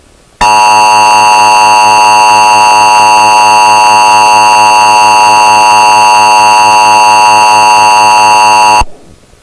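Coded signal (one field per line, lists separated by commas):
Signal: Emergency Alert System (SAME) tones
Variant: 853 and 960 Hz attention tone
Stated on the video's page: Deliberately distorted, extremely loud playback of an EAS alert, made as a joke.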